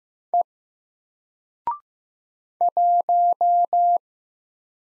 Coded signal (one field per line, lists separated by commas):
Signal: Morse code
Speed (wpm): 15 wpm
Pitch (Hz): 700 Hz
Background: none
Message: E 1